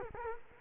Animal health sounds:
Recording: mosquito wingbeat signal from an infrared sensor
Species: Culex quinquefasciatus

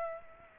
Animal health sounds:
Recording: mosquito wingbeat signal from an infrared sensor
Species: Aedes aegypti

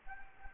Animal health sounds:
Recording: mosquito wingbeat signal from an infrared sensor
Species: Anopheles arabiensis

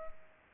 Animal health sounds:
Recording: mosquito wingbeat signal from an infrared sensor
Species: Culex pipiens

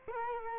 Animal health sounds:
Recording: mosquito wingbeat signal from an infrared sensor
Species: Culex quinquefasciatus

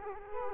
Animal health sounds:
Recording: mosquito wingbeat signal from an infrared sensor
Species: Culex quinquefasciatus

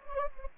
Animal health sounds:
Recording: mosquito wingbeat signal from an infrared sensor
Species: Anopheles gambiae

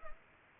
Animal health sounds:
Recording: mosquito wingbeat signal from an infrared sensor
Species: Culex pipiens

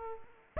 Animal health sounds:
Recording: mosquito wingbeat signal from an infrared sensor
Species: Aedes aegypti

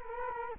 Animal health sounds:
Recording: mosquito wingbeat signal from an infrared sensor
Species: Culex quinquefasciatus

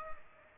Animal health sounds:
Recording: mosquito wingbeat signal from an infrared sensor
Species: Aedes aegypti

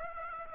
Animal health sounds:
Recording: mosquito wingbeat signal from an infrared sensor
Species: Aedes aegypti

